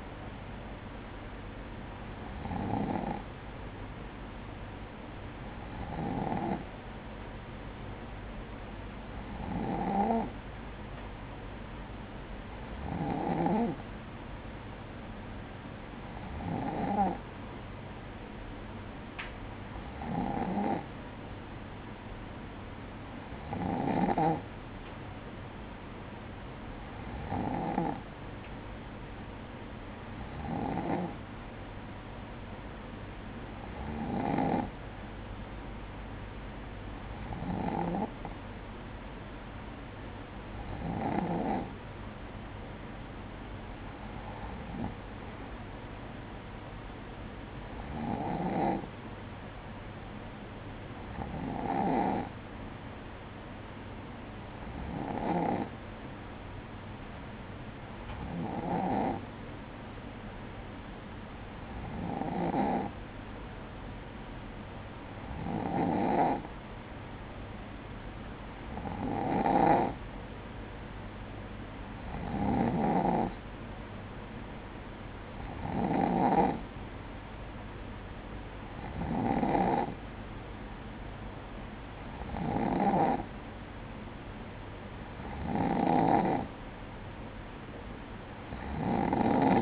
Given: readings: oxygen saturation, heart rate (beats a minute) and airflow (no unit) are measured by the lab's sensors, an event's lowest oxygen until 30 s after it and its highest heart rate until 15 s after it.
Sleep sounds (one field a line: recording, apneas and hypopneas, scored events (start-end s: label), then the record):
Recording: breathing in sleep by a voice recorder at the bedside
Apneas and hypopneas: none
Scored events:
none scored
From the record:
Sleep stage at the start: N2 (light sleep)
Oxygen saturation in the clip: 94 to 95%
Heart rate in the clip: 56 to 59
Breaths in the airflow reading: 25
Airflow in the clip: -6.8 to 6.3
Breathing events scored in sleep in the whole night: 180 in 6.7 hours asleep